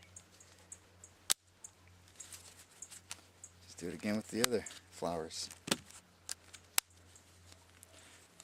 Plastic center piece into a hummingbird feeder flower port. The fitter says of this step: Take one of these center pieces and you push it until it clicks.